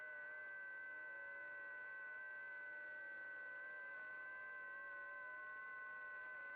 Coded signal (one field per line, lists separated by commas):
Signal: FT8